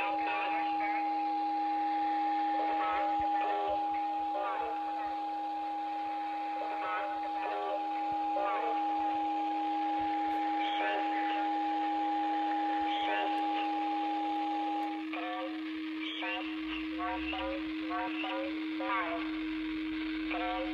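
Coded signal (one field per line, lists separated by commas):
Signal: numbers station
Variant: S06s Russian Lady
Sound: female voice reading short evenly spaced words over steady hum tones and static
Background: radio static, carrier tones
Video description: Der Zahlensender S06s, Russian Lady ist auf allen drei Empfängern gut hörbar.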